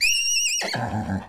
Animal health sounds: contact call of a hoofed animal; horse; whinny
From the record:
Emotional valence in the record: positive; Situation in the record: reunion with the whole group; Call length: 1.29 s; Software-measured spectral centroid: 4660 Hz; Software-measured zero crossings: 5750 a second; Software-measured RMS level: -24 dBFS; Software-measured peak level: -11 dBFS

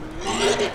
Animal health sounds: contact call of a hoofed animal; wild boar; grunt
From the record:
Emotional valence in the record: negative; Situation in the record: naturally occurring agonistic interactions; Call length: 0.75 s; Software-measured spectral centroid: 3020 Hz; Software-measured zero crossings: 2770 a second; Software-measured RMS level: -23 dBFS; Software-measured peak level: -11 dBFS

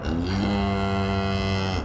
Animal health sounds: contact call of a hoofed animal; cattle; low-frequency (closed-mouth) or high-frequency (open-mouth) call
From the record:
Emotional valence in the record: negative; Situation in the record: full separation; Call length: 1.86 s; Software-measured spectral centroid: 2050 Hz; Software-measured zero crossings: 1440 a second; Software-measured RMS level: -24 dBFS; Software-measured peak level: -13 dBFS

